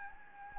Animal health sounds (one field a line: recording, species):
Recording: mosquito wingbeat signal from an infrared sensor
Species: Anopheles gambiae